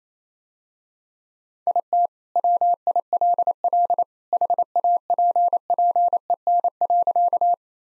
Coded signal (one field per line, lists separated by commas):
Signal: Morse code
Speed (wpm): 28 wpm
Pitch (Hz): 700 Hz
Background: none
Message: IT WILL HAPPEN.